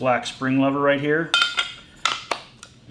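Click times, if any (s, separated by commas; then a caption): 2.0 s. Someone talks while the metal guard shroud is pressed onto the gear head spindle collar of a Festool AGC 18 angle grinder using the black spring lever. A few sharp metallic clicks and taps follow, with the guard locking into place on the collar at 2.1 s.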